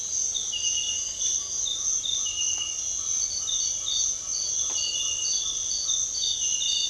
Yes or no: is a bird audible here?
no